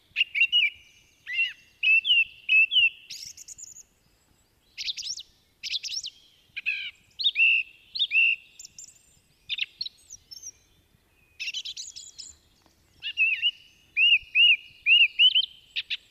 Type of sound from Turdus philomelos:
song